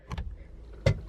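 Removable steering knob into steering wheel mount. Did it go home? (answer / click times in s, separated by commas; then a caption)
no / none. A removable steering knob is pushed toward its mount on the steering wheel without pressing the release button, giving two quick light knocks near 0.1 and 0.2 seconds and a louder dull thump around 0.9 seconds. The knob does not slide in, and nothing has seated or clicked yet.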